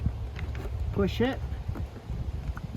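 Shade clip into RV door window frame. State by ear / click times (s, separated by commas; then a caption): seated / 2.6 s. The clip on the other side of a Lippert thin shade ready window shade is pushed into the RV door window frame of a Keystone Cougar 290RLS while someone talks over a low background rumble. A sharp, fast-decaying click is heard at 2.6 s as the shade clip locks in place.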